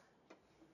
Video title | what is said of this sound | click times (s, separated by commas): 1969 Ford Mustang Mach 1 for sale at Volo Auto Museum (V21545) | you're done with this just clicks right in place up and out of your way | 0.3 s